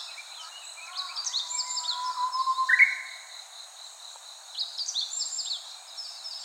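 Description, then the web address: Japanese bush warbler singing a drawn-out low whistle that ends in a sharp burst, while many other birds chirp and twitter rapidly. "birdenaga uguisu"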